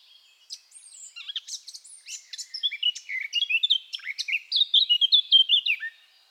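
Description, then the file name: Eurasian blackcap song, a rapid warbling run of varied chirps and notes, building in loudness and ending in clearer whistled phrases. "Sylvia atricapilla"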